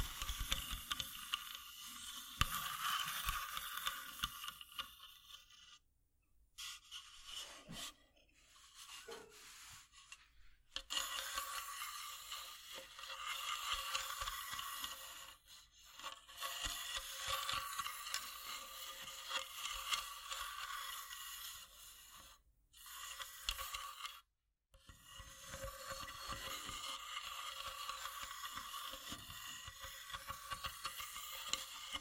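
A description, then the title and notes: Wooden ASMR triggers: bright, hissy rubbing and scraping on wood runs in long continuous stretches. Short silent gaps break it up near 6, 8, 10, 15, 22 and 24 seconds. Soft low knocks and handling sounds sit underneath the scratchy texture. ASMR Wooden Triggers 1hour（No Talking）.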